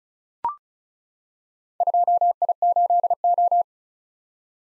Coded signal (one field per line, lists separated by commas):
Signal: Morse code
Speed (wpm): 36 wpm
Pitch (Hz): 700 Hz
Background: none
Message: 2I8O